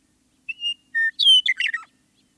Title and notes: Western Meadowlark. Macaulay Library at Cornell Lab of Ornithology. Studio 360’s Remixing Spring Challenge